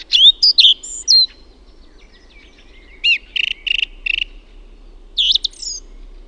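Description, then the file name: Song thrush singing: a burst of varied whistled and chirpy notes, then a short note repeated several times, then another loud fluty phrase, all high-pitched and clear. "LAULURASTAS"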